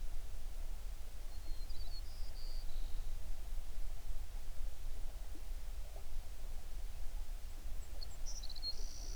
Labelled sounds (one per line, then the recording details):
songbird
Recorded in the Prudhoe Bay oil fields, Alaska, on 11 June 2019 at 05:42
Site 21